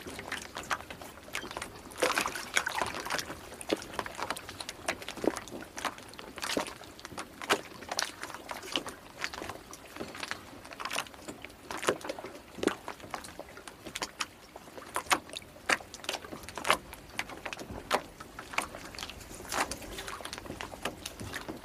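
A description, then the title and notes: Water laps against a boat dock in quick, irregular splashes and slaps that come every fraction of a second, crisp and bright, with no long pauses. A faint steady hum runs underneath for the whole stretch. Gentle Waves on the Dock. Lapping of water on a boat dock.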